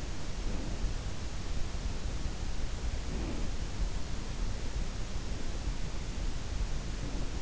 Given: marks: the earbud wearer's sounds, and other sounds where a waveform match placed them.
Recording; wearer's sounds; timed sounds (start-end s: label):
sounds in sleep by an in-ear microphone; breath
0.02-1.25 s: breath
2.61-3.97 s: breath